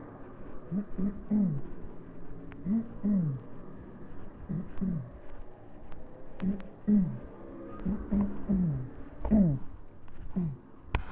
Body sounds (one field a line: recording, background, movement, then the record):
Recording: throat clearing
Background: traffic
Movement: walking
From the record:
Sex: male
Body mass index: 20.5 kg/m2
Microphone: on the chest, facing the body